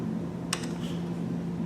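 A plastic electrical connector is pushed onto the mass air flow sensor on the intake tube of a new JLT Series 2 cold air intake (CAI2-FMG-11) being installed on a Boss Mustang. A single sharp, loud click sounds at 0.5 s over a steady low hum. The connector is seated.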